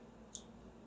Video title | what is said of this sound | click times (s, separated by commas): How to replace head light connectors Focus XR5/ST225/RS mk2 | until you hear it click like that and just move to the next one | 0.3 s